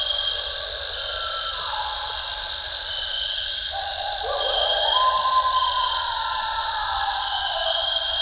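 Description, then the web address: Eastern coyote howls: overlapping, wavering tones that dip and rise, with a short upward slur midway, against steady high background noise. "coyote song full. coyote ecology-of-our-eastern-coyotes"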